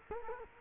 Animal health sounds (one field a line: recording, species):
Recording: mosquito wingbeat signal from an infrared sensor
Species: Culex quinquefasciatus